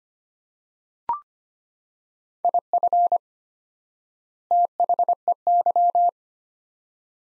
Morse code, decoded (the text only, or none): IF THEY